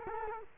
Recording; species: mosquito wingbeat signal from an infrared sensor; Culex quinquefasciatus